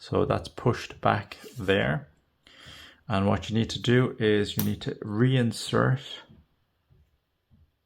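A mechanical pencil refill is pushed back into the plastic body of a Zebra Sarasa Multi 4+1 multi-pen while the ink refills are about to be reinserted, with someone talking throughout and a brief faint sound near 2.5 s. Nothing has seated or clicked yet; the clip ends just before the part goes home.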